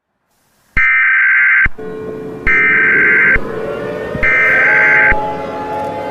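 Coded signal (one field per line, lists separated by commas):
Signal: Emergency Alert System (SAME) tones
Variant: header bursts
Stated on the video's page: Fictional EAS scenario.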